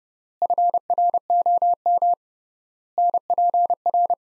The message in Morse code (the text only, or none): FROM NPR